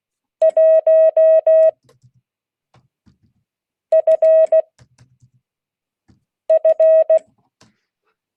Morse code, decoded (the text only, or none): 1 F F